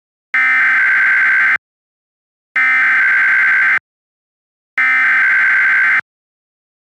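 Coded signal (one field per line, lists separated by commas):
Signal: Emergency Alert System (SAME) tones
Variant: header bursts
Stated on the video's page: Mock EAS alert based on an actual tornado warning.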